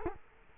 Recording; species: mosquito wingbeat signal from an infrared sensor; Culex quinquefasciatus